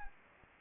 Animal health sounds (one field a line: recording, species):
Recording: mosquito wingbeat signal from an infrared sensor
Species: Anopheles arabiensis